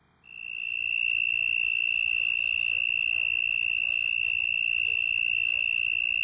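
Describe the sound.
Cricket trill: a steady, high, continuous tone with a faint upper harmonic, beginning after a brief quiet moment and holding unbroken to the end.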